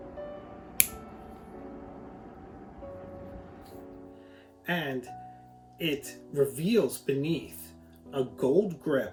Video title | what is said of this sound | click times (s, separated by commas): Review YStudio Classic Revolve | of the grip now that cap has a very satisfying click | 0.8 s